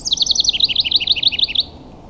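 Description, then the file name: House wren song: a fast, bubbly run of high chattering notes, rising and falling in quick succession for about a second and a half, then fading into quiet hiss. "house wren singing"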